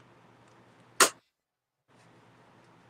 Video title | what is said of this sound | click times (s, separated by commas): Building with Bunneh and GBB! | Ooh, love to hear that snap. | 1.0 s